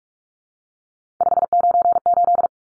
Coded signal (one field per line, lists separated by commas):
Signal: Morse code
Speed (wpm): 44 wpm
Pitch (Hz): 700 Hz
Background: none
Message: 598